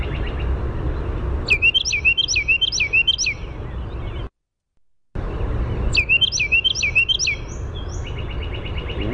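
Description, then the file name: Carolina wren song: two series of several loud rolling whistled phrases, split by a brief silence, ending with a thin trill. "CARW song"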